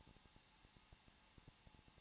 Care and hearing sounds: daily activity, microphone in the room; no activity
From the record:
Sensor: 1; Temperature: 20.1 degrees Celsius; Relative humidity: 39.4%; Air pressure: 1006.4 hPa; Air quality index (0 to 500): 219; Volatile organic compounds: 82 ppm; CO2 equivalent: 3622 ppm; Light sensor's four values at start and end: 1/2/1/1 and 1/2/1/1

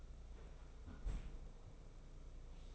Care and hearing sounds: daily activity, microphone in the room; close fridge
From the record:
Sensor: 1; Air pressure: 991.0 hPa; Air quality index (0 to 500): 112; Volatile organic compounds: 119 ppm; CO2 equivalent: 3872 ppm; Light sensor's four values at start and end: 19/45/19/20 and 19/45/19/20

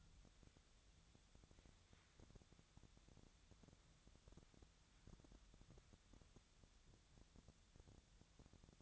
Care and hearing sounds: daily activity, microphone in the room; wipe stove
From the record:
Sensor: 3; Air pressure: 1007.0 hPa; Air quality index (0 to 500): 204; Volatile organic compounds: 18 ppm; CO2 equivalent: 2607 ppm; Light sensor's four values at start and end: 11/27/11/11 and 11/26/11/11

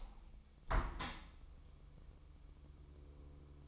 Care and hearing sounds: daily activity, microphone in the room; open window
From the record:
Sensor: 1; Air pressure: 1014.9 hPa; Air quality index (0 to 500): 32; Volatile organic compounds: 1 ppm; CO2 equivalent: 547 ppm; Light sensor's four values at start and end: 10/25/10/11 and 11/26/10/11

